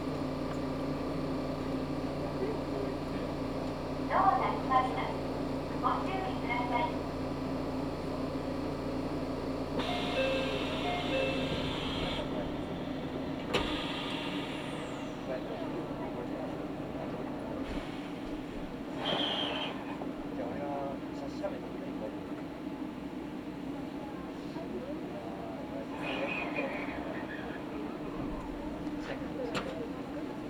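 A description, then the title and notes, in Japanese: Inside an Iida Line local train from Toyohashi to Toyokawa, a steady low engine drone runs throughout, with voices and brief clanks around 4, 10 and 26 seconds. 飯田線 各駅停車 豊橋→豊川。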